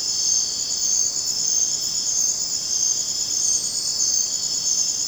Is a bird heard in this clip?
no